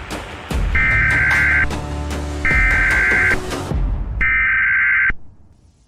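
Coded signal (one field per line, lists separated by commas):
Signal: Emergency Alert System (SAME) tones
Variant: header bursts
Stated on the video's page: Fictional EAS simulation on an FM radio station.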